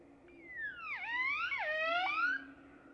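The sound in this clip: Great-tailed grackle whistled call: sliding whistles that swoop down and rise again, with bright overtones, over about two seconds.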